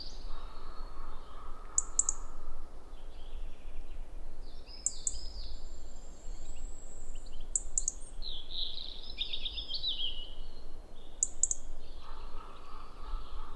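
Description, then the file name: European robin uttering short sharp ticks in pairs every few seconds, with a brief jumbled twitter midway and a steady low drone behind. "Erithacus rubecula"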